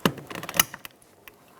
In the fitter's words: listen for a click give that a tug to make sure it's secure